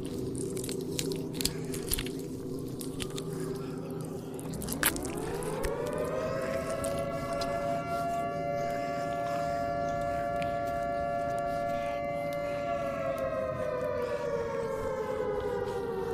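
A zombie apocalypse scene: wet, squishing bites and chewing sounds crackle over a low rumble for the first few seconds. Around five seconds a siren rises in pitch, holds a steady wail, then begins falling near the end.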